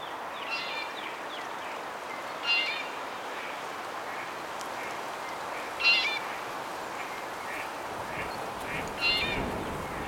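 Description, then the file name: Red-bellied Woodpecker rolling churr calls, short harmonic trills repeated at irregular intervals of several seconds over a steady background hiss. "Melanerpes carolinus - Red-bellied Woodpecker"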